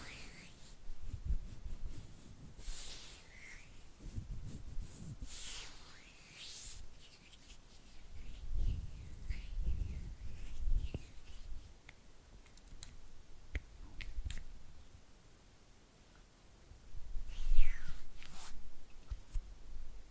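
Oily hands rub and fingers flutter in short, wet, slippery bursts, with squelchy swishes near the start, around five to six seconds, and again near seventeen seconds. Soft low thumps and smacks cluster in the middle, separated by quiet pauses.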